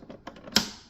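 With the lid of a vacuum sealer closed, a new 3D-printed plastic locking lever is pushed down, giving a few faint taps and rustles first. It then locks into place with one sharp, bright snap at 0.6 s that rings briefly before fading. The lever is seated and holds the lid closed.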